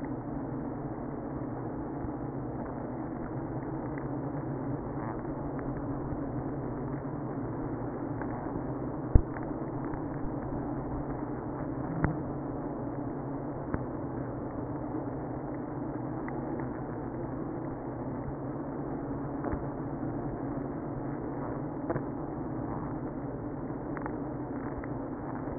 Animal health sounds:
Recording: honeybee colony, microphone inside the hive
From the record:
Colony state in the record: queenless (queen removed)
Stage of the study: after two queens were removed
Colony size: about 60,000 bees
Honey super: yes

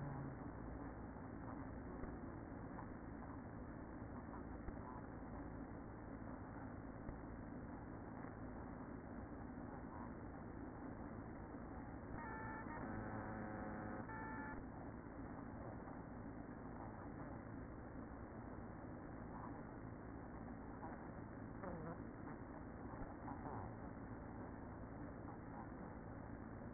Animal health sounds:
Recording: honeybee colony, microphone inside the hive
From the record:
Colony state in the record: queen present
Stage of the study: after two queens were removed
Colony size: about 60,000 bees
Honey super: yes

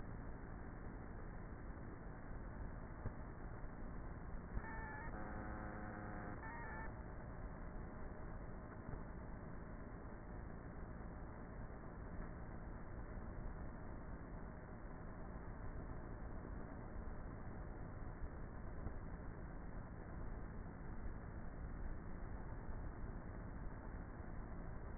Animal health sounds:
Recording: honeybee colony, microphone inside the hive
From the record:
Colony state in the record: queenless with a low population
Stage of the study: before two queens were removed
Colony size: about 30,000 bees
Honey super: no

